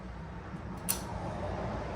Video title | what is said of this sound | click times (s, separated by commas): 2018-2024 front brake pad replacement Acadia Enclave Traverse Blazer | just pops right in | 0.9 s